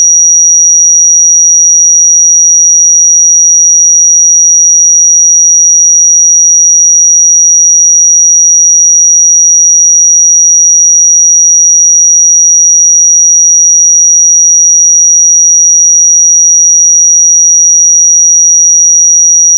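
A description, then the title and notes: A pure sine tone at 5767 Hz holds perfectly steady for the full twenty seconds, a single thin, high, piercing whistle. Its loudness never changes, with no breaks, pulses or background sound. 5767 Hz 1 Hz Interval Sine Pure Tone Frequency 441000 Sample Mono.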